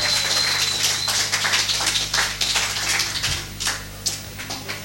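A crowd applauds a band's bass and keyboard player at a show, steadily for about five seconds, a dense, hissing patter of many hands clapping at once, staying fairly loud throughout with slight swells and no voices standing out.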